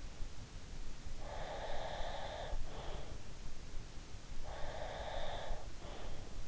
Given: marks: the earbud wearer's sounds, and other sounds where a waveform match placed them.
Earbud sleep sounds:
sounds in sleep by an in-ear microphone; breath
1.25-3.15 s: breath
4.40-6.35 s: breath

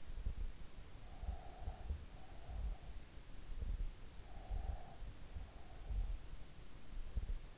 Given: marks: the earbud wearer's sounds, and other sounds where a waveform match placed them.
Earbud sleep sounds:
sounds in sleep by an in-ear microphone; breath
0.81-3.17 s: breath
4.27-6.40 s: breath

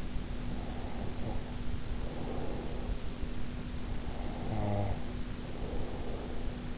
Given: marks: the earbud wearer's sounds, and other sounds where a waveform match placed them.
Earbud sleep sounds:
sounds in sleep by an in-ear microphone; breath, snoring breath
0.13-3.08 s: breath
3.81-6.78 s: snoring breath

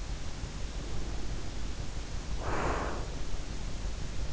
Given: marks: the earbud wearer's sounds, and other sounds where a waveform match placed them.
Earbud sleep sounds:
sounds in sleep by an in-ear microphone; breath
0.72-3.22 s: breath

